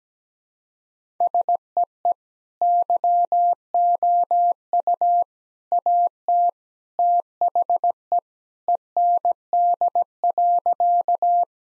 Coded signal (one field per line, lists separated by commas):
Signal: Morse code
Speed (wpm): 17 wpm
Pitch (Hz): 700 Hz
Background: none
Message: SEE YOU AT THE END.